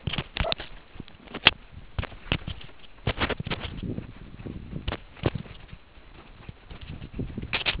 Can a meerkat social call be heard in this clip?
no